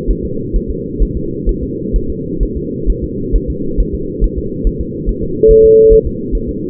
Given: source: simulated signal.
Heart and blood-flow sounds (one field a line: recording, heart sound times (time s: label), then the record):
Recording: fetal heart sounds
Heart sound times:
0.10 s: S1
0.25 s: S2
0.56 s: S1
0.70 s: S2
1.02 s: S1
1.17 s: S2
1.49 s: S1
1.63 s: S2
1.96 s: S1
2.10 s: S2
2.43 s: S1
2.57 s: S2
2.90 s: S1
3.04 s: S2
3.35 s: S1
3.50 s: S2
3.80 s: S1
3.95 s: S2
4.24 s: S1
4.38 s: S2
4.67 s: S1
4.81 s: S2
5.09 s: S1
5.23 s: S2
5.51 s: S1
5.65 s: S2
5.93 s: S1
6.07 s: S2
6.35 s: S1
6.49 s: S2
From the record:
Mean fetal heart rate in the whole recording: 135 bpm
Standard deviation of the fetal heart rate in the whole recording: 3 bpm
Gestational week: 36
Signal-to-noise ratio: -6.6 dB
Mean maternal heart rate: 72 bpm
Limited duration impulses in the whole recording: present